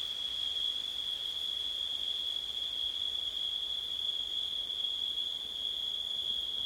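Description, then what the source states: Crickets give a continuous high-pitched trill, even and unchanging, over a soft background hiss. Recorded at night in September, with wind.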